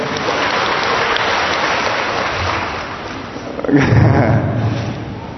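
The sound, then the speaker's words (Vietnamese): A crowd claps steadily in a dense, continuous patter for several seconds, swelling louder near the end as a few murmured voices rise within the applause. “Wow, cho một tràng pháo tay thưa anh chị em.”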